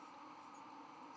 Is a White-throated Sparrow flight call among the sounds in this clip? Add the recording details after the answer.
no. Another species' flight call is heard. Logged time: 23:18 on 30 October 2014